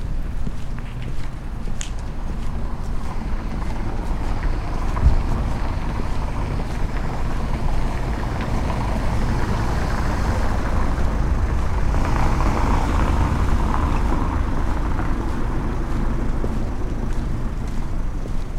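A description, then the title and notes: A busy city street hums steadily, a low rumble of passing vehicles under a dense crowd murmur, with one sharp knock around five seconds. Medieval City Walk | City of York | Relaxing Binaural Field Recording.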